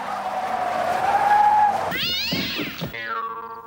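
A truck's tires give a long, loud skidding screech in front of a house as it hits a big tomcat. The cat follows with sharp, rising meows and harmonic wails, ending on a higher drawn-out cry; no one speaks.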